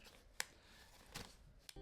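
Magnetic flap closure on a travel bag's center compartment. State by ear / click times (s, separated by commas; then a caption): seated / 0.4 s. The magnetic flap on the isolated center compartment of a travel bag is closed, and its magnets snap together with a sharp, bright click at 0.4 s. Softer rustling follows around 1.2 s, with another brief tick at 1.7 s. The magnetic closure snaps shut and is seated.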